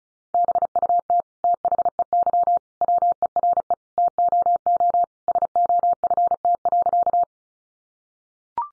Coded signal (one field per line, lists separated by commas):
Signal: Morse code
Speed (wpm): 34 wpm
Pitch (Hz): 700 Hz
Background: none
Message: BUT THEY WERE TOO SOFT.